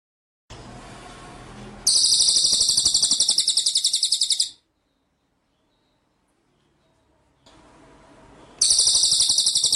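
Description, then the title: White-rumped shama giving a shrill, rapidly pulsed rolling trill for over two seconds, a pause of near silence, then the same buzzy trill starting again. Masteran (training) track of full rolling ('ngerol') and 'nembak' shooting song style. "Masteran Murai Batu Full Ngerol Nembak"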